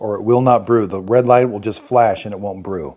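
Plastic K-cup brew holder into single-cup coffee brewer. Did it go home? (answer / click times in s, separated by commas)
no / none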